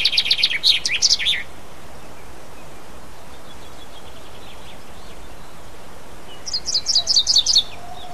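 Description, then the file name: Common chaffinch song fragments: the tail of one descending trilled phrase at the start, a long quiet gap, then the opening of another high, tumbling phrase near the end. "pinson"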